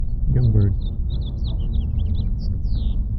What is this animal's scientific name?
Haemorhous mexicanus